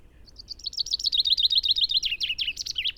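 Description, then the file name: Common chaffinch song: a fast run of bright, high notes that descends in steps and closes with a quick flourish. "Fringilla coelebs"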